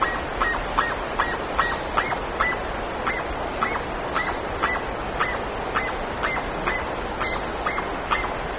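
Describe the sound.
Bird calls: a steady series of short honking notes, about two per second, with faint high chirps over a constant background hiss.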